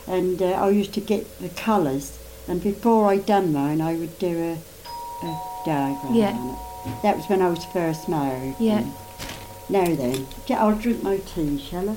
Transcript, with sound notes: And eh, I used to get the colours. And before I done mine, I would do a diagram of it. [doorbell rings]
Yeah.
That was when I was first married.
Yeah.
Now then. I'll drink my tea, shall I?